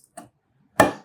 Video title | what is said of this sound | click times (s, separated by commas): How to Restore & Reassemble a Vintage Hand Plane (With Benjamin!) | So, you want that to clip on there and be snug enough so you can still move the lateral adjuster when the blade is locked into place. | 0.8 s